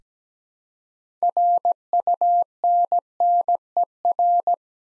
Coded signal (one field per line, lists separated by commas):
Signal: Morse code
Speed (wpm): 17 wpm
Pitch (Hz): 700 Hz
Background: none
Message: RUNNER